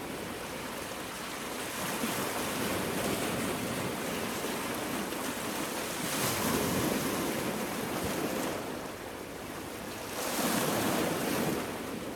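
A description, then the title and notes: Small waves wash against rocks in a steady, dense rush of water. Louder surges swell around six and again near ten seconds, each bright splash fading back into the continuous churn, with a faint low rumble underneath. Small WAVES Crashing Against ROCKS. The rhythmic sound of the waves crashing against the rocks is meditative.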